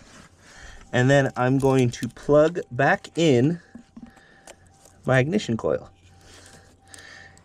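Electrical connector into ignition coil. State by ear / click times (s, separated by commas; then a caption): seated / 6.9 s. Someone talks while plugging the wiring harness connector back onto the ignition coil of a 2013 Chrysler Town & Country minivan during a no-start diagnosis. After a few faint handling ticks, a short, sharp click at 6.9 s marks the connector seating onto the coil, with its locking tab latched.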